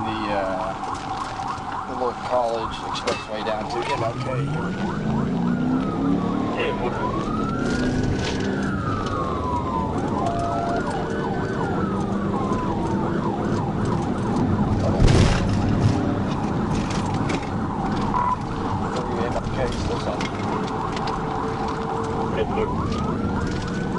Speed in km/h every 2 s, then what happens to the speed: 31, 42, 79, 100, 108, 122, 129, 135, 122, 100, 100, 109.
0-13 speeds up to 135. 13-18 brakes to 100. 18-24 speeds up to 109.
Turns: none.